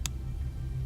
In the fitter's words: this locking mechanism up until you hear a click,